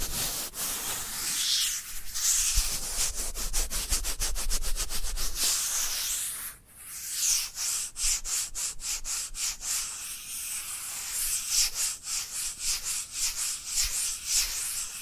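Dry hands rub together in a steady, dense hiss, bright and papery with little low end. The strokes come fast and fairly regular, with a short lull around six to seven seconds before the rubbing resumes at the same pace.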